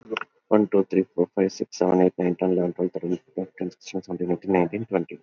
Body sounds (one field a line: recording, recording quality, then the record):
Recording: counting at a fast pace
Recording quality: excellent, no background noise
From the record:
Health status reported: COVID-19 positive, mild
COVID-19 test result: positive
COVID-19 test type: RT-PCR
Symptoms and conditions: sore throat, fever, fatigue, muscle pain, diarrhoea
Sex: male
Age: 38 years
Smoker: yes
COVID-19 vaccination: both doses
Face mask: not worn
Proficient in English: yes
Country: India